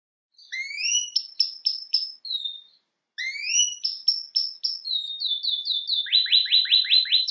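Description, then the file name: Canary song: rising upslurred notes followed by clipped repeated chirps, a pause, then the phrase again ending in a fast run of downward-sweeping notes. "Canary Voice"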